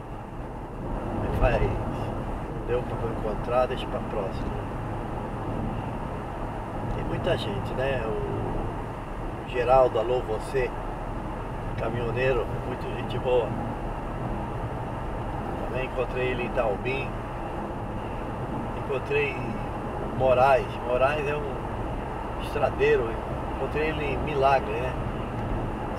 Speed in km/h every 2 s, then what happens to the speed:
88, 89, 89, 90, 89, 91, 94, 94, 93, 94, 96, 99, 99.
0-26 speeds up to 99.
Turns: none.